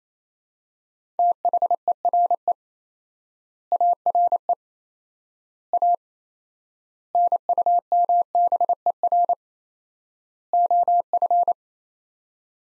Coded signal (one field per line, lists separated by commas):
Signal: Morse code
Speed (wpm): 28 wpm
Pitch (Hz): 700 Hz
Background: none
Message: THERE ARE A NUMBER OF